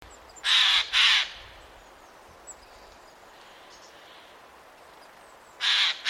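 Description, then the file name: Eurasian jay giving harsh, rasping screeches, a quick pair at the start, then quiet, then another hoarse pair near the end. "Garrulus glandarius"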